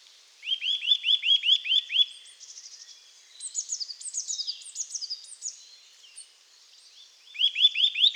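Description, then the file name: Eurasian nuthatch delivering a quick run of bright arched notes, then a stretch of high chattering before another short burst at the end. "Sitta europaea"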